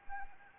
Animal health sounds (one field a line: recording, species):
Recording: mosquito wingbeat signal from an infrared sensor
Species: Anopheles arabiensis